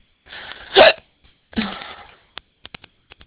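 Two sudden, sharp catches of breath with airy trailing sounds, then faint clicks: hiccups in an adult, an involuntary spasm of the diaphragm.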